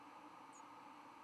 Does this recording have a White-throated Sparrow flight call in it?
no